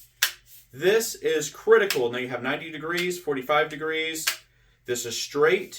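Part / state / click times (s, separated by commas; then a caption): pivoting head of a shop vacuum extension wand locking into its angle detent / seated / 0.2 s. Two release buttons are pressed on the plastic pivoting extension wand of a Milwaukee air-tip shop vacuum attachment, and the pivoting head snaps into its angle detent, locking into place with a sharp click at 0.2 s. Someone talks before and after the click.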